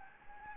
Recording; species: mosquito wingbeat signal from an infrared sensor; Anopheles gambiae